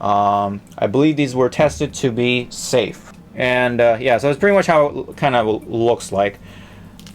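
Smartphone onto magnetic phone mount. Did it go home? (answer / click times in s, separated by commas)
no / none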